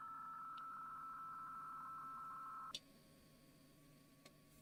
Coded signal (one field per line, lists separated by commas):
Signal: PSK63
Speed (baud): 62.5 baud